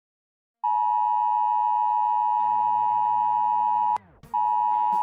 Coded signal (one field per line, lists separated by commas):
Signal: Emergency Alert System (SAME) tones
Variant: 853 and 960 Hz attention tone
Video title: Sun Shrinks (eas scenario)